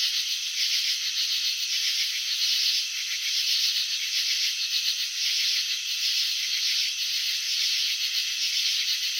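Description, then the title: Cricket chirping, heard as a continuous rasping rattle that varies slightly in loudness, with nothing else audible. Chirping slowed down (slow motion). "Crickets in Slow Motion 📷. Capturing the Elegance of Chirping"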